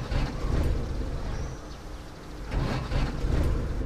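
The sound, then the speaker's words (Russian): A car engine with a weak starter cranks in two rumbling, rhythmic bursts separated by a short pause, churning low and steady each time but never catching and starting. No one speaks. “Даже машина не заводится, потому что охота – это не женское дело.”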